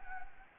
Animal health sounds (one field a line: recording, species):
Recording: mosquito wingbeat signal from an infrared sensor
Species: Anopheles gambiae